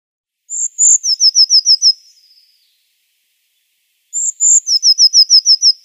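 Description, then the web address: Eurasian blue tit song: two very high, thin introductory notes, then a quick descending trill of repeated notes. The phrase is given twice, about three and a half seconds apart. "Schulze Peter Eurasian Blue Tit song"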